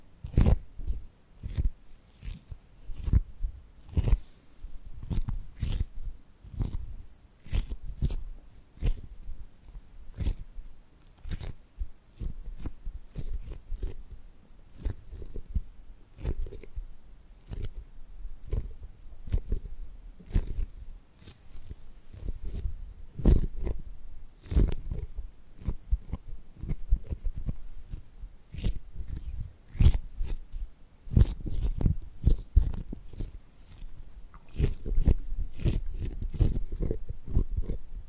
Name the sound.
Tapping and Gripping Sounds